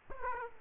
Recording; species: mosquito wingbeat signal from an infrared sensor; Aedes aegypti